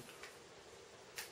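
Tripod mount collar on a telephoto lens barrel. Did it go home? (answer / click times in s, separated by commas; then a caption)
yes / 0.2 s, 1.2 s. A rotating tripod mount collar on a Sigma 150-600mm Sports telephoto lens barrel is turned until it clicks into its 90-degree detent position, which shows the lens is straight and level. Two short clicks are heard at 0.2 s and 1.2 s over a low, steady background hiss. The collar seats in the detent.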